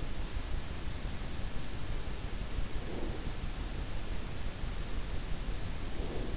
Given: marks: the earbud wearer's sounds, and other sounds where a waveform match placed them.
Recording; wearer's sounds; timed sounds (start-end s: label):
sounds in sleep by an in-ear microphone; breath
2.71-3.26 s: breath
5.92-6.37 s: breath